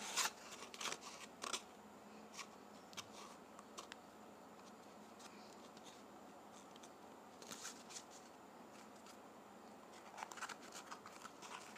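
Toilet paper rustles and crinkles in short, bright bursts, busiest at the start and around eight and ten seconds, over a soft steady hiss.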